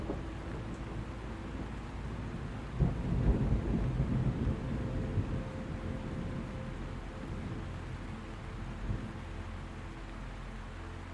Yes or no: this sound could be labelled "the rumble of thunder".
yes